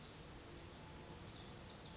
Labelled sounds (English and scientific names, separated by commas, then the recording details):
Brown Creeper (Certhia americana)
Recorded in Sonoma County, California